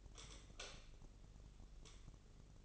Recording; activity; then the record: daily activity, microphone in the room; light off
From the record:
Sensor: 4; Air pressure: 996.1 hPa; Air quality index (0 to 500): 68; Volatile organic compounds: 2 ppm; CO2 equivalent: 1243 ppm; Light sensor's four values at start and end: 18/45/17/18 and 15/33/13/13